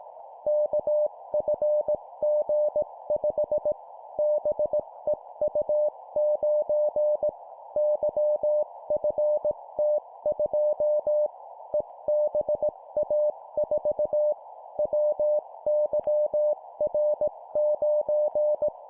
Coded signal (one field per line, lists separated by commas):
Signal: Morse code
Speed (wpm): 18 wpm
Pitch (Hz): 600 Hz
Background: none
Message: KFG5 BEU9 YFT2 EBA4 WYR9